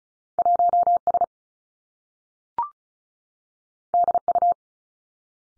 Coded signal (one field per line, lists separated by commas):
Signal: Morse code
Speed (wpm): 36 wpm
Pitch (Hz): 700 Hz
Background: none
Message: 1 S D U